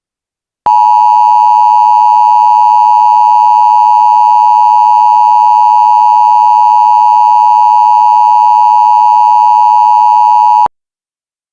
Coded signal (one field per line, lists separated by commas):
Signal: Emergency Alert System (SAME) tones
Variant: 853 and 960 Hz attention tone